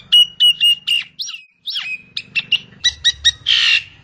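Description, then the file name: Nias hill myna giving loud whistled and squawky calls, short notes in quick runs with a harsh burst near the end. "suara jalak nias"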